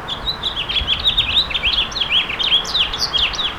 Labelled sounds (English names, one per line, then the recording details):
House Finch song
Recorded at Babylon on Long Island, New York, on 18 May 2013
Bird F